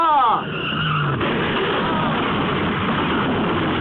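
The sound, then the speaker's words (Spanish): A car skids toward a person it is about to run over, with a sharp, wavering tire screech in the first second, followed by a steady, loud rush of engine and road noise that continues to the end. “¿Habrá el auto de Rulo Armando atropellado a Juancito Gambarola?”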